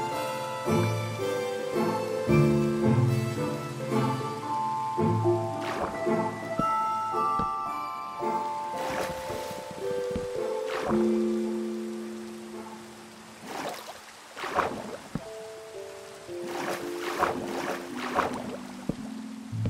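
Soft rain hiss runs under gentle sustained melodic notes, while sharp clicks and knocks of mining and placing blocks come in clusters throughout.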